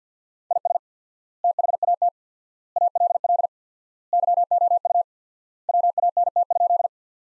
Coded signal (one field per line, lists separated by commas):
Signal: Morse code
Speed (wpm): 47 wpm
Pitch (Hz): 700 Hz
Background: none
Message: IS THAT ALL YOU WANT?